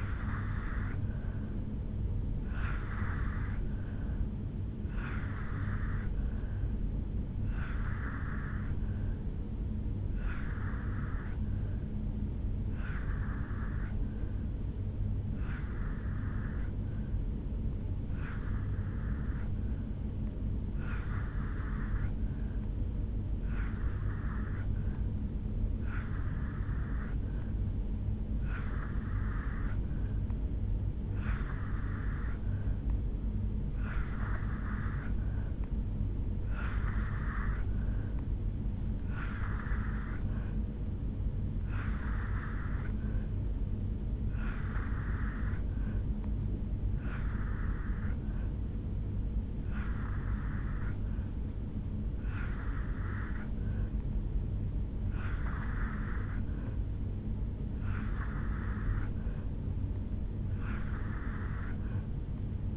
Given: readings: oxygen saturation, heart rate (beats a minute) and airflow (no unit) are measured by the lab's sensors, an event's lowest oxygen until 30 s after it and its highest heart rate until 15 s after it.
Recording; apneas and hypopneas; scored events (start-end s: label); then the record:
breathing in sleep by a smartphone at the bedside; 1
2.00-32.00 s: new sleep stage, N2 (light sleep)
19.00-36.40 s: hypopnea (N2, oxygen 86% highest, then 83% lowest, heart rate 74 at the start, 78 highest)
32.00-62.77 s: new sleep stage, N3 (deep sleep)
From the record:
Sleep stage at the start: N3 (deep sleep); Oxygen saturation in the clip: 83 to 86%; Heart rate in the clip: 73 to 78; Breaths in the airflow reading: 20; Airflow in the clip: -2.2 to 0.7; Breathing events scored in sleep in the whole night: 449 in 7.0 hours asleep